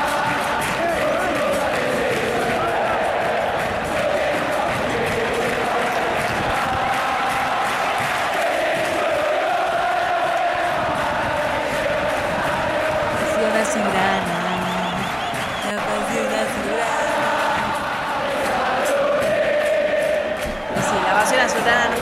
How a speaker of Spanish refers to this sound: Llegó el momento de despedirnos, pero antes de despedirme yo quiero escuchar el tema de la hinchada. Porque esto es lo que me va... Hoy pensaba, ¿qué elijo? Y elegí este tema. Porque a mí me regocija. La pasión azulgrana.